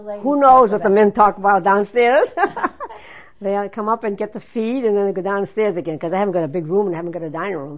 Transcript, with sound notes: Who knows what the men talk about down stairs? [Laughs] They come up and get the feed, and then they go down stairs again, because I haven't got a big room, and I haven't got a dining room.